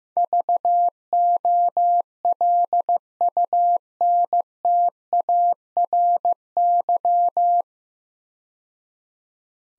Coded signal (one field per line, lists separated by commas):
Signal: Morse code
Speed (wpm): 15 wpm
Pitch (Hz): 700 Hz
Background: none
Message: VOLUNTARY